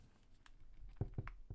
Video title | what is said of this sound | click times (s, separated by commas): 5 GoPro Accessory Gift Ideas 2022 - Telesin Neck Mount and More | the GoPro attached to the provided mount it just snaps on magnetically to the neck Mount and locks in place | 1.3 s